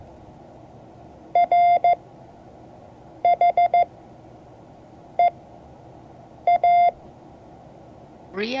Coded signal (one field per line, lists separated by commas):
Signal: Morse code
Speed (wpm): 14 wpm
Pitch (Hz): 690 Hz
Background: none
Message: RHEA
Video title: Morse code class 2024-07-23 (2 of 12)